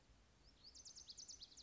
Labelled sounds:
Lazuli Bunting (Passerina amoena)
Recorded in Sonoma County, California

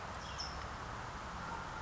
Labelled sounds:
California Towhee (Melozone crissalis)
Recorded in Sonoma County, California

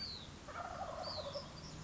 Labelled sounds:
Wild Turkey (Meleagris gallopavo)
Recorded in Sonoma County, California

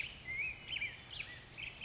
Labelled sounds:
California Quail (Callipepla californica)
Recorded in Sonoma County, California

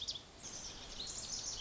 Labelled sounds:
Lazuli Bunting (Passerina amoena)
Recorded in Sonoma County, California

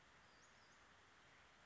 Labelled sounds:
Western Flycatcher (Empidonax difficilis)
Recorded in Sonoma County, California

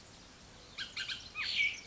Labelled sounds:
Bullock's Oriole (Icterus bullockii)
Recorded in Sonoma County, California

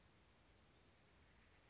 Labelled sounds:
Blue-gray Gnatcatcher (Polioptila caerulea)
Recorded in Sonoma County, California

